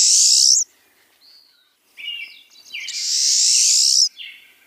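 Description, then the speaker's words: Pine siskin giving wheezy, buzzy zreet calls, two long buzzes, with shorter thin notes between them. Wheezy, upsweeping zreet call mixed in among a number of their other shorter calls; played as a mystery sound. "that was the wheezy, kind of upsweeping zreet call of a pine siskin. It was tossed in amidst a number of their other shorter calls."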